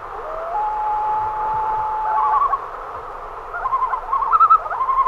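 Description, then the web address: Common loon call: a long, pure, steady note, then rapid quavering tremolo phrases. "great northern loon"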